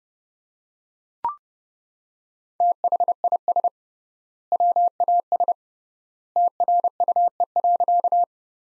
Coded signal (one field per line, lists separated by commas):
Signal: Morse code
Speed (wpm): 30 wpm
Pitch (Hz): 700 Hz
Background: none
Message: THIS WAS TRUE.